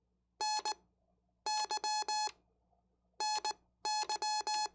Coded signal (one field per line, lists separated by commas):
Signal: Morse code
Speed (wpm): 19 wpm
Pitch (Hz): 850 Hz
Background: none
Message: N Y NY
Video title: Learning More CW! - I'm Going to Keep Practicing....